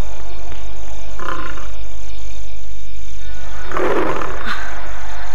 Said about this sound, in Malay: Suara aum harimau. Setan. Agaknya benar. Binatang hutan itu nyasar hingga ke desa ini. Aku harus mengusirnya untuk mengembalikan ketenteraman desa ini. Suara itu agaknya berasal dari tempat tadi. Dari pondok di pinggiran desa tadi.